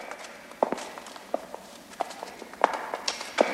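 A horse's hooves walking at an unhurried, even pace, about five sharp clops over a low background hiss, with a few faint knocks between them and no voices, as a young soldier brings his horse to a metal ring in front of an entrance.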